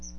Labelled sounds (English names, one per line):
Chestnut-sided Warbler flight call